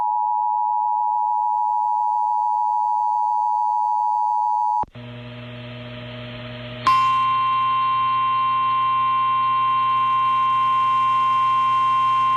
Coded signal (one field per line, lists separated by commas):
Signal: Emergency Alert System (SAME) tones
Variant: 853 and 960 Hz attention tone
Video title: Still more from Oklahoma! | EAS Alerts from June 15th, 2023 (EAS #2631-2641)